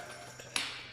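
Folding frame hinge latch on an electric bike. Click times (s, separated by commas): 0.6 s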